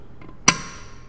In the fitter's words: and it does has a nice click